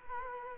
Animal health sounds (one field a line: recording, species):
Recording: mosquito wingbeat signal from an infrared sensor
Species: Culex quinquefasciatus